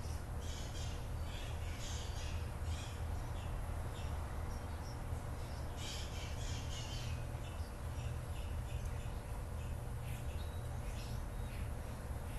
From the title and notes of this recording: 12-22-20 Very birdy morning.m4a by Juraj Kojš.